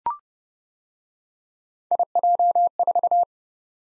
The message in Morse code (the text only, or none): IJ4